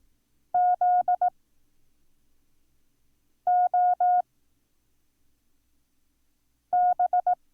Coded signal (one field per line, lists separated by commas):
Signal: Morse code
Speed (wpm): 18 wpm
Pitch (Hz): 720 Hz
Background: none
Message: ZOB